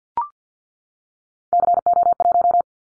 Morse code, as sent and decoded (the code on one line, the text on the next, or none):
-.-. --- .----
CO1